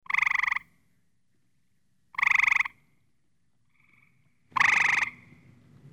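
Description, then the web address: Frog croaking in three loud nasal bursts, each about half a second, spaced roughly two seconds apart, with a fainter short note between the last two. "лягушки"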